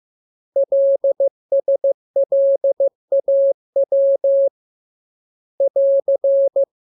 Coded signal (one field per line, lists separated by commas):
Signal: Morse code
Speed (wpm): 15 wpm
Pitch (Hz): 550 Hz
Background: none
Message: LSLAW <AR>